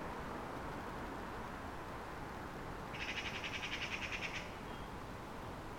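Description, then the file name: Eurasian magpie chattering: one harsh, rapid rattle of clipped notes lasting roughly a second and a half, over steady low rumbling background noise. "Pica pica"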